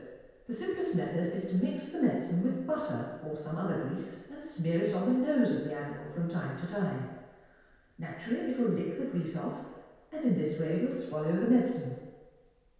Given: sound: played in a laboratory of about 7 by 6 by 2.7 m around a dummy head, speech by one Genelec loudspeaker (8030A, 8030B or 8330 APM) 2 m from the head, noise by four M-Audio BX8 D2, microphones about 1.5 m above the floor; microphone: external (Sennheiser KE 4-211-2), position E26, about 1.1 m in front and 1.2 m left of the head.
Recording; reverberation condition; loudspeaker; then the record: female speech in English; high; 60 degrees to the right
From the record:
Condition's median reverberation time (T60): about 1300 ms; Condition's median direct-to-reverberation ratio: about -4.0 dB